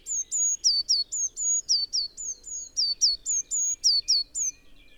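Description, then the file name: Eurasian blue tit calls in a steady, fast series of piercing high notes, many dipping at the end, about four per second, running nearly throughout. "Cyanistes caeruleus"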